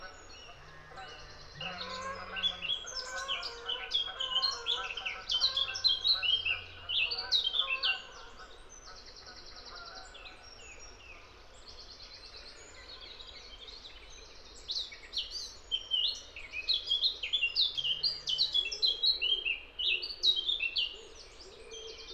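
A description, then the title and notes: A steady low wind rumble runs under an open landscape while birds chirp and trill in busy, bright bursts, thickest from about two to eight seconds and again from fifteen seconds on. A short low hum appears near the start and around eighteen seconds. The soundview of this wide panoramic landscape changes with the wind.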